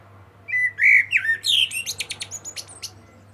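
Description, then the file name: Common blackbird singing one phrase: loud mellow whistles, then a rapid series of high, buzzy twittering notes. "Turdus merula"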